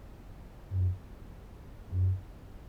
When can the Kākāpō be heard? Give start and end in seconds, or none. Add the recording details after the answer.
0.31-2.69. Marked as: faintness 2/5. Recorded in New Zealand. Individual Barnard